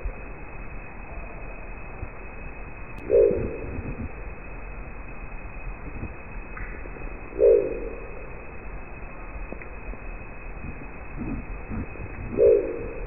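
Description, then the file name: Crested owl giving a deep, short guttural growl roughly every four to five seconds, three times, over steady rushing background noise. "canto da coruja de crista"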